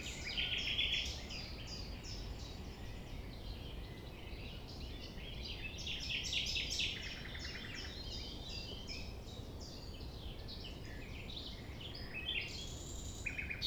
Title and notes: Chant De Ménage. 6 A.M. Lever du soleil non loin de la Thève au Champ de Ménage. Le rossignol n'attend pas le silence